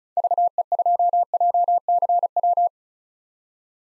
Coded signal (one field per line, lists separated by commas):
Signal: Morse code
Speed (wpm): 36 wpm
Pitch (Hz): 700 Hz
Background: none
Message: VE2JCW